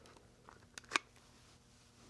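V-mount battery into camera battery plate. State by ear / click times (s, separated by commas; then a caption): not seated / none. A V-mount camera battery is slid into its V-mount battery plate on a RED Epic camera. A few faint scrapes and ticks build to a sharper snap near 0.8 s and a louder one near 1.0 s, then it goes quiet. The battery has not clicked into place yet.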